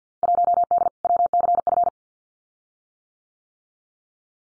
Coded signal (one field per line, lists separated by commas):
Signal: Morse code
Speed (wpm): 50 wpm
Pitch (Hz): 700 Hz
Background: none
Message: 1D WCF